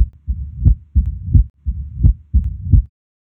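Heart sounds heard through a stethoscope on auscultation.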